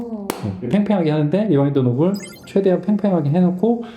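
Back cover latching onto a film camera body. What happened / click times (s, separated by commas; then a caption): The camera back door snapped shut / 0.3 s. The back cover of a film camera snaps shut and latches with a single sharp, loud hit at 0.3 s, after the film leader has been caught on the take-up spool and the rewind knob pulled taut. Someone talks throughout the rest of the clip.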